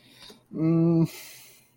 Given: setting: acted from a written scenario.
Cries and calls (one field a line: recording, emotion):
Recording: vocal sound without words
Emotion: shame